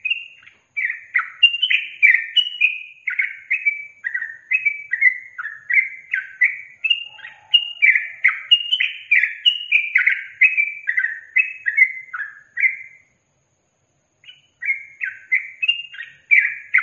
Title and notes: MASTERAN Trucukan Tembakan Dan Ropel. BURUNG TRUCUKAN